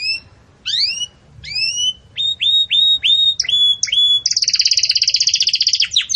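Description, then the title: Canary song opening with a few rising whistled notes, then repeated upward-flicked notes and a fast buzzy trill. Belgian canary song used for training chicks (encarte de filhotes); style described as campainha. "Belíssimo Canto Do Canário Belga Campainha Para Encarte De Filhotes"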